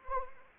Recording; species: mosquito wingbeat signal from an infrared sensor; Anopheles arabiensis